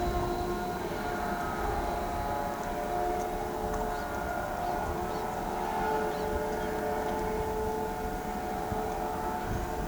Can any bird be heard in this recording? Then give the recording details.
no. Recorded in pastures near Pivijay, Magdalena, Colombia, on 13 April 2023 at 16:30. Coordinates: 10.456, -74.369. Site P6-G026